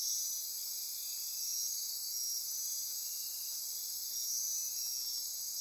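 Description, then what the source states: Insects chorusing continuously, a bright, even, high buzz with faint rhythmic trill bands weaving through it. Insect chorus recorded at midnight near Corcovado.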